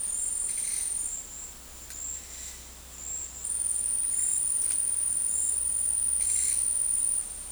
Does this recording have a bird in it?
no